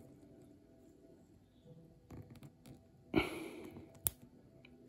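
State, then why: Seated. A watch strap's spring bar is worked into the case lug hole, with faint handling and scraping sounds and a louder rustling burst around 3.2 s. A sharp, brief click at 4.1 s marks the spring bar snapping into the lug, and it is seated.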